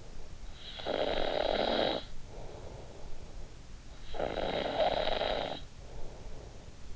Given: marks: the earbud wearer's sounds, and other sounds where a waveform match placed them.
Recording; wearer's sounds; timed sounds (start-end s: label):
sounds in sleep by an in-ear microphone; snoring breath
0.39-3.48 s: snoring breath
3.82-6.96 s: snoring breath